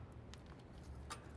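A plastic clip on a car filter housing cover is pressed closed after the new filter is seated. It snaps shut with a sharp click at 0.3 s, followed by a fainter tick at 0.5 s over a low background rumble. The cover clip is locked in place.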